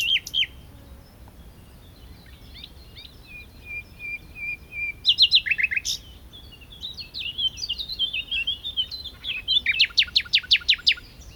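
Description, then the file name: Common nightingale song with a soft series of piping notes, loud sweeping whistles, varied phrases and a closing rapid rattle. "Luscinia megarhynchos"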